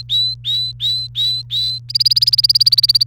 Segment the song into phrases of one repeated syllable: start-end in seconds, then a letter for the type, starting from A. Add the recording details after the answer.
0.00-1.78 A, 1.89-3.06 B. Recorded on 28 April 2018 at 18:09. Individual llb3